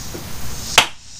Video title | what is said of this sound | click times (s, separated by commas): 1967 Mercury Thunderbolt 950 95 hp removing the alternator part4 #Nashville #PercyPriestLake | Ah, did you hear it pop? It just now popped. | 0.8 s